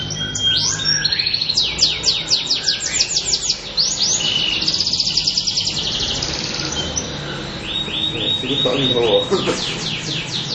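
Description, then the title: Atlantic canary singing a long varied song of fast high trills, sweeping slurs and rolling phrases, with a steady repeated trill near the end. Cengkok mewah song style. "Cengkok Kenari Mewah. Kenari cengkok mewah"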